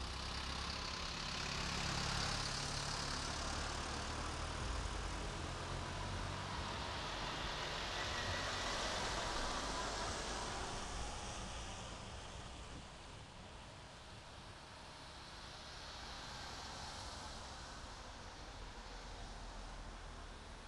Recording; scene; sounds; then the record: everyday scene through a hearing-aid microphone; in traffic; traffic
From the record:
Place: main road on the outskirts, rush hour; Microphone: in the ear canal, right